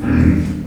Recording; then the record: squeal of a Yucatan mini pig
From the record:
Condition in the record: after surgery on the right vocal fold (resection and tissue-engineered implant); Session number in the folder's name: 7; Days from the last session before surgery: 47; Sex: female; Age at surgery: 19 weeks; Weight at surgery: 25 kg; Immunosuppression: prednisolone